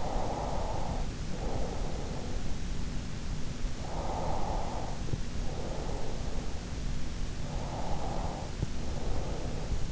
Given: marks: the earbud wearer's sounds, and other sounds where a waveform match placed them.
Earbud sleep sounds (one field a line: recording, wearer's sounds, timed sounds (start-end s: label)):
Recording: sounds in sleep by an in-ear microphone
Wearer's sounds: breath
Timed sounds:
0.00-2.26 s: breath
4.17-6.25 s: breath
7.48-9.70 s: breath